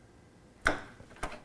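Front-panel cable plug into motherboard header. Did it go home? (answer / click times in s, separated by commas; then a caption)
yes / 0.7 s. A notched plastic plug on a front-panel cable is pushed onto the header of an Asus Prime Z370-A II motherboard and seats with a sharp click at 0.7 s. A second, quieter tick follows at about 1.2 s.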